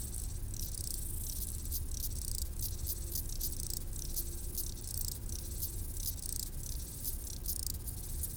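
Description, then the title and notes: Grasshoppers giving rapid, scratchy stridulation pulses in quick series, several insects overlapping, with a continuous low background hum. Grasshoppers stridulating on a roadside bank beside the road to the Mont du Chat television relay, 1500 m altitude, Le Bourget-du-Lac, France; distant valley noise in background. "D42, 73370 Le Bourget-du-Lac, France - insectes du talus. Route du relais télévision du Mont du Chat à 1500m d'altitude les stridulations des criquets sur le talus et les bruits lointains de la vallée en arrière plan"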